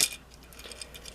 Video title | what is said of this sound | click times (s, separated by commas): Transformers Generations Trailcutter (aka Trailbreaker) Video Review | head pops up locks in place | 0.0 s